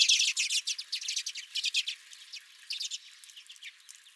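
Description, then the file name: Redpolls calling in a rapid run of dry, buzzy chattering notes, several birds overlapping, strong at first and fading toward the end. Several redpolls at the recordist's own feeder. "Redpolls at My Feeder"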